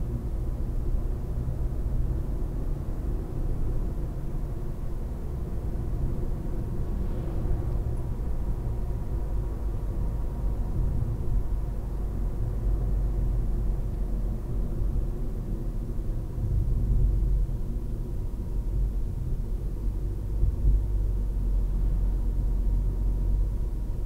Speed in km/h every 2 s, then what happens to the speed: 61, 63, 66, 68, 68, 69, 66, 50, 43, 41, 43, 44.
0-10 speeds up to 69. 10-16 brakes to 43. 16-24 steady at about 43.